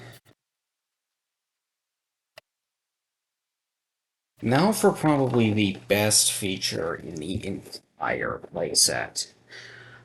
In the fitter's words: But it has to be back in a straight position for it to actually lock into place.